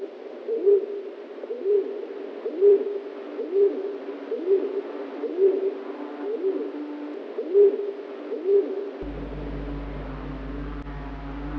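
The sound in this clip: Dove cooing in soft, low, hooting notes, repeated about once a second for nine seconds, then a low steady hum takes over.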